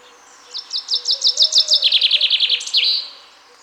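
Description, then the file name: Common chaffinch song: evenly spaced sharp notes speed up into a lower rattling trill, then finish with a brief emphatic flourish. "Fringilla coelebs"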